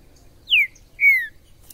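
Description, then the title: Green-winged saltator: two strong whistled notes, the first falling steeply, the second longer and gently descending, over a quiet background. Green-winged saltator singing in the wild in the forest; recording meant to stimulate and provoke caged males to sing and compete. "Trinca ferro MAJOR no MATO"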